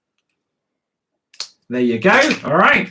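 A cap is pushed onto a marker pen and clicks shut, with two sharp clicks at 1.3 and 1.4 seconds. Someone then talks.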